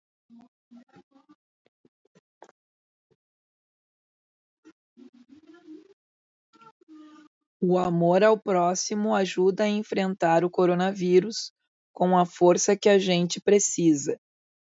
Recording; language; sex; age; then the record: spoken sentence; Brazilian Portuguese; female; 50 to 59 years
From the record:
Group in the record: control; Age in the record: 51 years